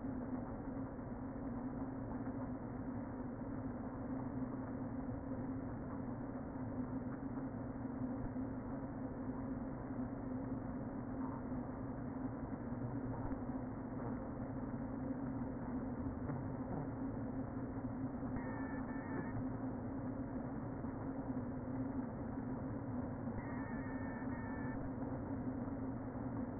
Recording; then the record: honeybee colony, microphone inside the hive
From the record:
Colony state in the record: queen present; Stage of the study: before two queens were removed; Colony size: about 60,000 bees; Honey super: yes